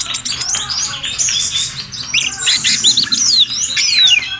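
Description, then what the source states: Birdsong of rapid chattering chirps and bright whistled notes, several downward-slurred whistles standing out among continuous high twittering from multiple birds. Birdsong chorus used for training pet birds to sing.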